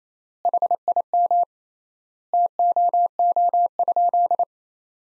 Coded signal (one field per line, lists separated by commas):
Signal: Morse code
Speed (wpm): 27 wpm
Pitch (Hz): 700 Hz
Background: none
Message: HIM TOO?